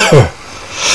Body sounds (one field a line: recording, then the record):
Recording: coughing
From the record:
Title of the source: Dry Afternoon Cough